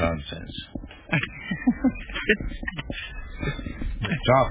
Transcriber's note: laughter